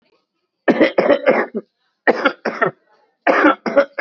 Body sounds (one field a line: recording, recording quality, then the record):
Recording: shallow voluntary cough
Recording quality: excellent, no background noise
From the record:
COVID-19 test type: RT-PCR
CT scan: not taken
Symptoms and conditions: cough, fatigue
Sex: male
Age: 30 years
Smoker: no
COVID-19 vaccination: both doses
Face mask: worn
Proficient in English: yes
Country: India